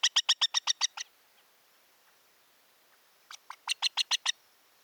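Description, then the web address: Montagu's harrier calling in two short bursts of rapid, harsh, repeated notes, separated by about two seconds of near silence. "montagu's harrier. صدای-پرنده-سنقر-گندمزار"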